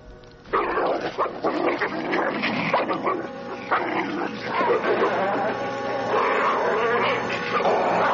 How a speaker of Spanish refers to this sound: Son dos perros que pelean delante de unas ruinas.